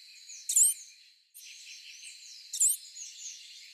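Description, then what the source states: Swallow Tanager calls: two sharp, very high notes about two seconds apart, with a thin chatter between them. Call very commonly heard over cities and urban parks, often from birds passing overhead; the species makes long movements; its song is heard less often.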